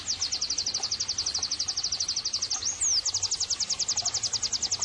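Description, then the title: White-eye singing a steady high rapid trill, broken once by a rising-then-falling whistle, then continuing at the same pace. Vigorously singing ('gacor') white-eye offered as bird-training (masteran) and therapy audio. "Pleci Gacor. terapi pleci dextro 87 plus masteran kenari sahdu"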